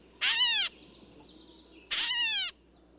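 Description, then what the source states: Gray Catbird giving two mewing calls, each about half a second long and falling slightly in pitch, separated by a pause of over a second. Call resembles a kitten's meow; species ranges from Canada to Colombia.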